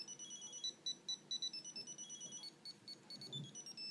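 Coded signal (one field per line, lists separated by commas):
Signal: none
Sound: phone ringtone melody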